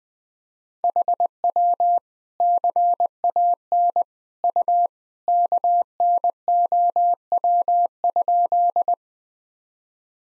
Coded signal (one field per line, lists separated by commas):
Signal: Morse code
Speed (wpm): 20 wpm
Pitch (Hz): 700 Hz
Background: none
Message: HW CAN U KNOW?